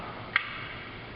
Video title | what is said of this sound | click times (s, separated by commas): Multiple Register Setup | again you'll hear a click indicating that it is secure in the | 0.4 s